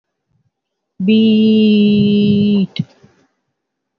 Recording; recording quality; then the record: sustained vowel as in beet; excellent, no background noise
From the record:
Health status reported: healthy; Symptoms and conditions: hypertension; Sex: female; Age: 47 years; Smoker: not ticked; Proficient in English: yes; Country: India